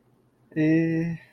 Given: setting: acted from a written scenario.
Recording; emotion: vocal sound without words; neutral